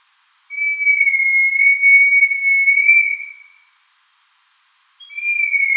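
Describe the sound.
Rat call, a long flat whistled tone lasting about three seconds, then silence before a second steady tone begins.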